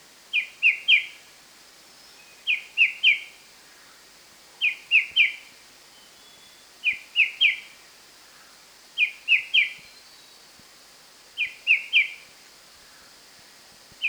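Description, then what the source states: White-browed shrike-babbler song: ringing phrases of three descending whistles, repeated regularly every two to two and a half seconds throughout, with soft background noise. Recorded 1 March 2008.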